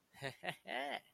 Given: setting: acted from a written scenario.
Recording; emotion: vocal sound without words; triumph